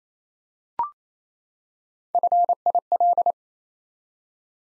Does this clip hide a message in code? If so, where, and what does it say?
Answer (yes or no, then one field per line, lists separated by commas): yes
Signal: Morse code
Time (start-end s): 2.1-3.3 s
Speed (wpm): 29 wpm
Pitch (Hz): 700 Hz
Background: none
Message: FIL